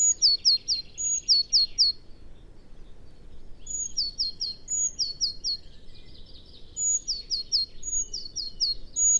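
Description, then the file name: Eurasian blue tit calls: very high thin notes, each followed by a quick run of three or four sharp descending notes, repeated in bursts over a low rumbling background. "Cyanistes caeruleus"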